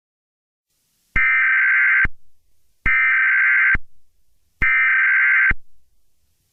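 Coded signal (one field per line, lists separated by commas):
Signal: Emergency Alert System (SAME) tones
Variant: header bursts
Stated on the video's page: Fictional EAS scenario using valid United States EAS tones.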